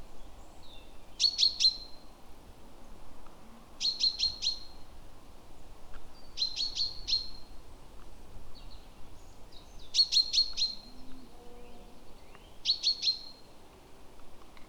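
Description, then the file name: Great tit calling in five short bursts of three or four quick, sharp high notes, a few seconds apart, with low steady hiss underneath. "Parus major"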